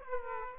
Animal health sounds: mosquito wingbeat signal from an infrared sensor; Aedes aegypti

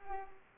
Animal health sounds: mosquito wingbeat signal from an infrared sensor; Culex pipiens

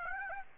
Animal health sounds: mosquito wingbeat signal from an infrared sensor; Aedes aegypti

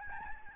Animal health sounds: mosquito wingbeat signal from an infrared sensor; Aedes albopictus

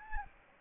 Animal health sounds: mosquito wingbeat signal from an infrared sensor; Anopheles gambiae

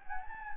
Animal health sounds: mosquito wingbeat signal from an infrared sensor; Anopheles gambiae

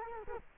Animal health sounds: mosquito wingbeat signal from an infrared sensor; Culex quinquefasciatus

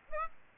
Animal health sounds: mosquito wingbeat signal from an infrared sensor; Aedes aegypti

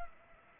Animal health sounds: mosquito wingbeat signal from an infrared sensor; Culex pipiens

